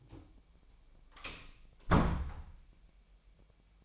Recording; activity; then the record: daily activity, microphone in the room; close door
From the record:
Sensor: 1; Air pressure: 1007.2 hPa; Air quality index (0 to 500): 199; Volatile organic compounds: 20 ppm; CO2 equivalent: 2692 ppm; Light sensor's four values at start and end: 13/33/13/15 and 13/32/13/14